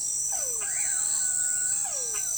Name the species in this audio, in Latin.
none